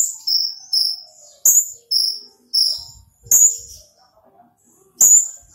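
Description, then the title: Small bird chirping: a series of high, bright notes, a pause, then one last call. "Burung Kecil"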